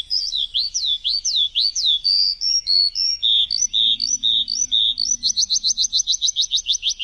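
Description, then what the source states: Bird song of slurred whistles and chirps that ends in a quick rhythmic trill of upswept notes; a faint low hum sounds midway. Chirping bird song for training pet birds.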